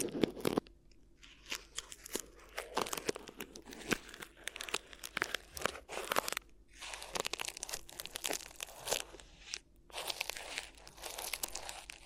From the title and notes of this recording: ASMR Addictive Crinkly Ear Massage (No Talking).